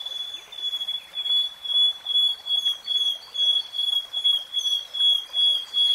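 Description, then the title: Nightingale song: a long sustained high whistled phrase pulsing about two to three times per second, with faint higher overtones throughout. Nightingale singing, in real time. "[Tiếng chim hót] 3 Hours REALTIME Nightingale Singing"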